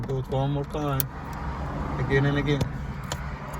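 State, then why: Seated. An ignition lock cylinder for a 2011-2019 Chevy Malibu, earlier removed with a wire hanger rather than a special tool, is pushed back into the steering column ignition housing while someone talks over a low vehicle-like hum. A short, sharp click is heard at 3.1 seconds as the cylinder seats back in place.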